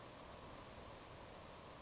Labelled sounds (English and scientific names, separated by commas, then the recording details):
Grasshopper Sparrow (Ammodramus savannarum)
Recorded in Sonoma County, California